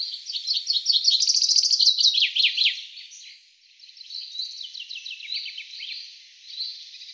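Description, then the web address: Common chaffinch song: a bright trill with a quick final flourish, then a second, softer run of trilled notes. "Deverinetal 2025 File cleaned normalized Bird Fr Co"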